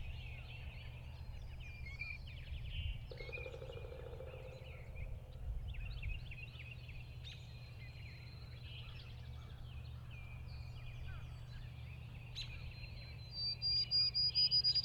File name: freesound Early Spring Field Birds Near Lake April 1 st 2017